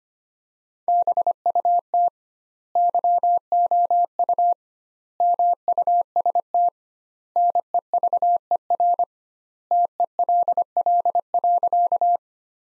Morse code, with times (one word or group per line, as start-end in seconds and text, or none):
0.9-2.1 BUT
2.8-4.5 YOU
5.2-6.7 MUST
7.4-9.0 NEVER
9.7-12.2 TELL.